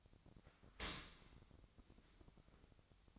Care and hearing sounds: daily activity, microphone in the room; open dishwasher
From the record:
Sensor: 3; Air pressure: 1003.1 hPa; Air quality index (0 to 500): 195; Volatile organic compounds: 6 ppm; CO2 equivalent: 1906 ppm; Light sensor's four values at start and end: 21/51/22/23 and 21/52/22/23

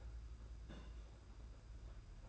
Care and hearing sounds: daily activity, microphone in the room; place on stove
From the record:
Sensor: 2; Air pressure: 991.9 hPa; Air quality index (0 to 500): 234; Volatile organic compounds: 1000 ppm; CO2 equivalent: 7856 ppm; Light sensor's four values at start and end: 17/56/22/20 and 17/56/22/20

